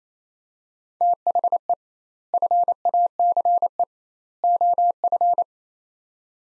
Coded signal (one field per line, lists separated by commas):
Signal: Morse code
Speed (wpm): 28 wpm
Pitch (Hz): 700 Hz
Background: none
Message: THE FACE OF